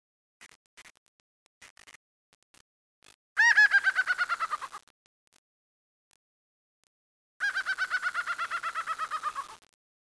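Laughing falcon: a few scattered soft notes, then two rapid runs of nasal notes, each falling slightly in pitch.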